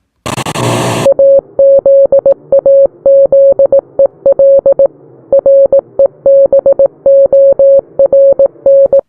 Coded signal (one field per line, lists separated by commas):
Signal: Morse code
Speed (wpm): 18 wpm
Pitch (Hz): 550 Hz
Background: none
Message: AZAZEL REBORN